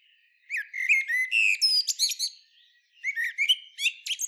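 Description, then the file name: Common blackbird twittering: quick high chirps, upslurred squeaks and scratchy notes in two lively bursts separated by a brief pause. "Turdus merula"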